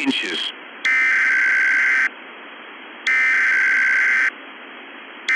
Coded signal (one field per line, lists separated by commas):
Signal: Emergency Alert System (SAME) tones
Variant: header bursts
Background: speech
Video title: "NUCLEAR WINTER 2" [WINTER/NUCLEAR EAS SCENARIO]